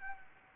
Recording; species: mosquito wingbeat signal from an infrared sensor; Anopheles arabiensis